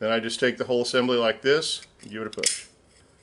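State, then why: Not seated. Someone talks while pushing the lubricated adjustment knob assembly into the second-stage housing of a Scubapro 109 scuba regulator, with light handling sounds under the voice. The clip ends before the part goes home, so nothing has seated or clicked yet.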